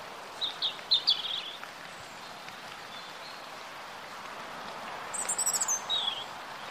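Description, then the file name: European robin song: a thin, high warbling phrase early on, a long pause, then a brief, even higher twittering phrase near the end, over steady background hiss. "Erithacus rubecula"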